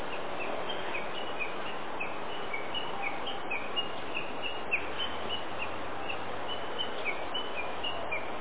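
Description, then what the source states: Japanese bush warbler giving a continuous chain of quick, sharp repeated notes, uneven in rhythm and fairly faint, over a hissy background with a low hum. Tani-watari (valley-crossing) call, recorded in April 2018.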